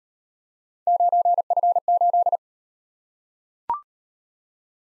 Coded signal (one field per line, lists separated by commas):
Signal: Morse code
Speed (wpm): 34 wpm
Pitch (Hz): 700 Hz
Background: none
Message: 9F8